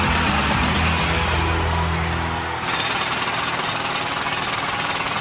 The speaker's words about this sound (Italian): Martello pneumatico 100 decibel.